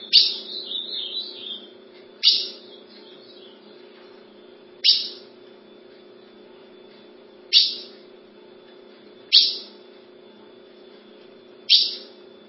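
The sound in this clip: Ultramarine grosbeak starting with a short warbling phrase, then several sharp, separate chip notes spaced a few seconds apart, over a soft low hum.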